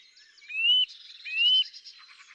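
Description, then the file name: Eurasian nuthatch call, two loud upslurred whistles about three quarters of a second apart, with softer chattering birds behind. "Sitta europaea"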